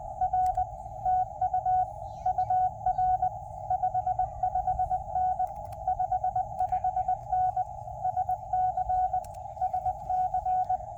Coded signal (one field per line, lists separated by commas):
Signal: Morse code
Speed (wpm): 20 wpm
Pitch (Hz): 740 Hz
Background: none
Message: R TU UR 55N 55N SC SC